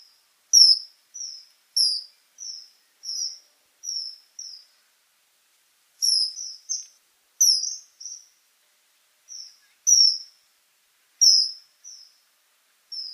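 Bird calls: thin, high, slightly falling notes, singly or in quick pairs and triplets, separated by short pauses, over an otherwise silent background.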